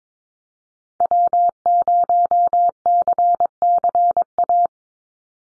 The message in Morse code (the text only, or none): W0CCA